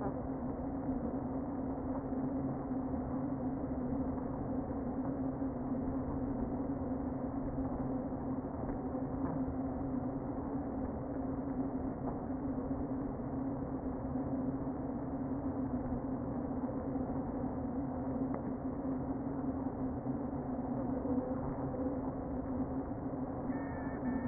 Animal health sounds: honeybee colony, microphone inside the hive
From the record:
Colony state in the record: queen present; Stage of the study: before two queens were removed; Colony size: about 60,000 bees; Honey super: yes

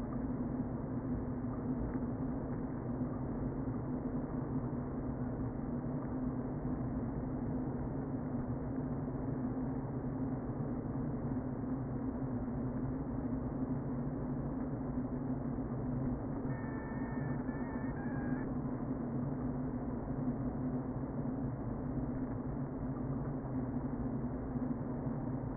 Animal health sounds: honeybee colony, microphone inside the hive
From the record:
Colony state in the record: queen present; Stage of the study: before two queens were removed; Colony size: about 60,000 bees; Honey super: yes

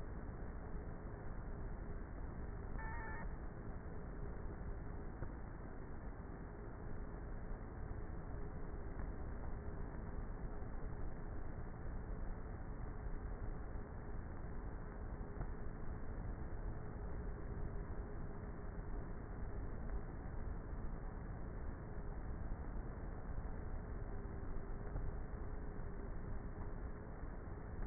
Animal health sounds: honeybee colony, microphone inside the hive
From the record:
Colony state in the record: queenless with a low population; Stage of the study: before two queens were removed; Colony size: about 30,000 bees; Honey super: no

